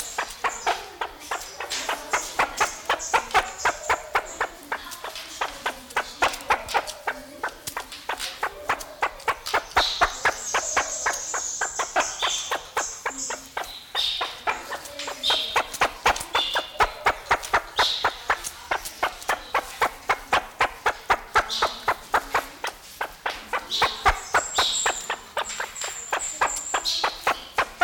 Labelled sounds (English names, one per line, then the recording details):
Great Argus call
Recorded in captivity
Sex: male
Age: adult
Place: Zoo Berlin, Berlin, DE
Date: 1994-01-08 11:25
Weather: wolkig bis sonnig, 6°C
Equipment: Marantz CP 430, Sennheiser MKH 416 T, Kopie Uher Variocord 263
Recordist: Tembrock, Günter